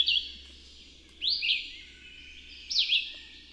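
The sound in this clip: Bird song: three high, swooping warbled phrases, spaced about one and a half seconds apart over a low hum.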